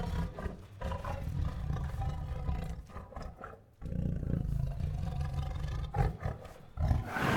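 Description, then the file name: Tiger growling in deep, rumbling bouts, broken by a short pause near the middle and a few sharper huffs toward the end. Restless tiger producing growls, huffs, moans and roars. "Sound Ideas. Restless with Growls, Huffs, Moans and Roars"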